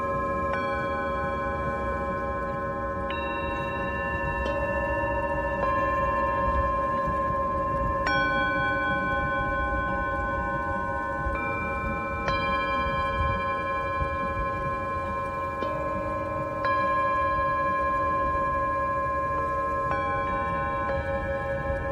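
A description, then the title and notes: A Tibetan singing bowl rings with long, sustained metallic tones that overlap and hang in the air. New strikes land every few seconds, near 3, 4.5, 8, 12, 16.5 and 20 seconds, each adding bright shimmering overtones above a steady low hum that never fades out. Tibetan Singing Bowl のサウンドヒーリングLIVE.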